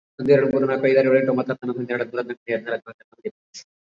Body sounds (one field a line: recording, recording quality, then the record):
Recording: counting at a fast pace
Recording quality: excellent, no background noise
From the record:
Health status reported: COVID-19 positive, mild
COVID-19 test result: positive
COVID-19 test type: rapid antigen test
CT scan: not taken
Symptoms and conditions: cough, breathing difficulty, fever, fatigue, muscle pain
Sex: male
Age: 34 years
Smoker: no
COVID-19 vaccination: both doses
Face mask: worn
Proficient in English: no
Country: India